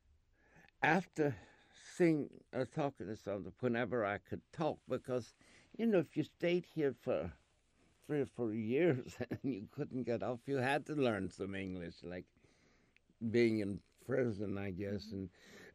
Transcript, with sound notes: after seeing, or talking, to someone, whenever I could talk, because, you know, if you stayed here for three or four years, I mean,( laughs) you couldn't get off, you had to learn some English, like being in prison, I guess.